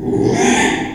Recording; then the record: squeal of a Yucatan mini pig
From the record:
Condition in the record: after surgery on the right vocal fold (resection and tissue-engineered implant); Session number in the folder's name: 3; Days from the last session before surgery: 33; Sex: male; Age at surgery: 12 weeks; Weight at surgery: 13 kg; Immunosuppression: cyclosporine, prednisolone